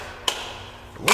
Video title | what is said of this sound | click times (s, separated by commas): DeWalt DCF813S2 12v 3/8 Electric Impact Tool Review -EricTheCarGuy | Looks like Looks like they lock into place, but they kind of lock loosely into place. | 0.3 s